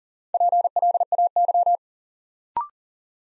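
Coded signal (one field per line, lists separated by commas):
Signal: Morse code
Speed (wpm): 37 wpm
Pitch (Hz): 700 Hz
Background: none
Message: PLAY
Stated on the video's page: New words from top-200-word sentences sent in Morse at 40wpm as a head-copy drill; each word sent, spoken, then sent again.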